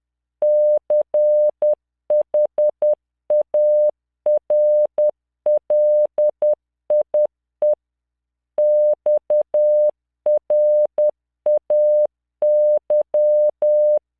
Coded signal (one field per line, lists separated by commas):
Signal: Morse code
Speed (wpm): 10 wpm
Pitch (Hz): 600 Hz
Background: none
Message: CHARLIE XRAY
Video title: tamanのモールス練習動画37（モールス信号 速度10WPM morse code)